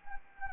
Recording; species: mosquito wingbeat signal from an infrared sensor; Anopheles arabiensis